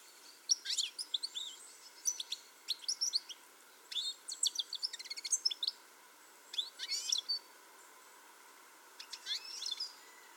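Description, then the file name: European goldfinch twittering: rapid, tinkling high notes in clustered bursts for about five seconds, then a short gap and more chirpy phrases. "Carduelis carduelis"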